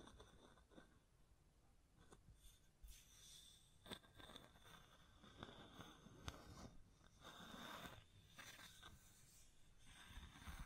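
Hand sounds on a microphone: constant rough scratching and brushing, with sharp taps around two, three, four and six seconds, and louder rubbing near eight.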